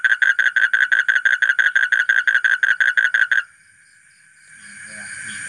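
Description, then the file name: Asian common toad trills in fast pulses for about three seconds, then stops, leaving quiet and a faint rising background hiss. "suara kodok bangkong kolong kodok buduk"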